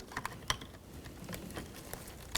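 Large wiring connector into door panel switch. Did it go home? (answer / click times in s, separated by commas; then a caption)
no / none. A larger plastic wiring connector at the far end of a 2003-2007 Honda Accord front door panel is handled as it is pushed toward the master window switch. Only a few short, light plastic taps are heard, around 0.2, 0.5 and 2.4 seconds, over quiet background noise. The clip ends before the connector goes home, so nothing has seated or clicked yet.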